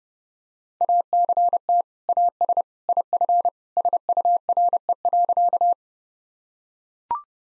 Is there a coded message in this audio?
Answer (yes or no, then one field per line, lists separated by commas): yes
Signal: Morse code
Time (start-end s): 0.8-5.7 s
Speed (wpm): 31 wpm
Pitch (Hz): 700 Hz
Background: none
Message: ACT AS IF SURE.